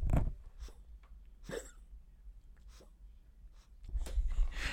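Five brief, harsh huffing bursts come at irregular intervals over about five seconds against a low steady room hum. They are short dry coughs from an 11-year-old half poodle, half shih tzu dog, rather than a sustained bark.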